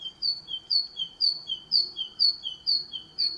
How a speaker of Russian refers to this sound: А вот так может петь большая синица.